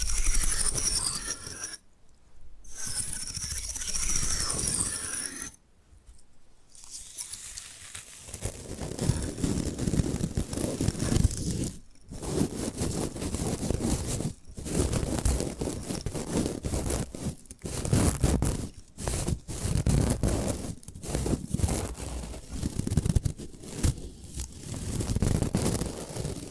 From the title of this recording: Bamboo Tapping, Scratching and Brushing Sounds